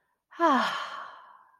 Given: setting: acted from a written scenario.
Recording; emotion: vocal sound without words; contentment